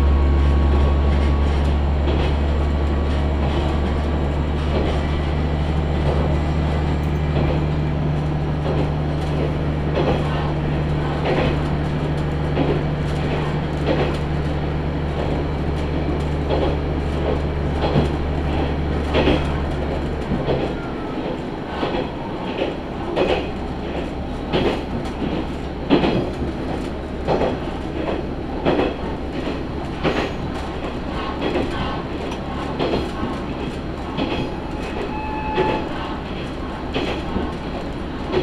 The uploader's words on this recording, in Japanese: 宝くじ号で移動 天竜浜名湖鉄道 金指→天竜二俣。念願の宝くじ号（現在は新・スローライフトレイン号）に乗車できました。